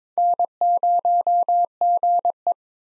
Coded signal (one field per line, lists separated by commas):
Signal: Morse code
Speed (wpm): 22 wpm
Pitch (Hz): 700 Hz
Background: none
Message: N0GE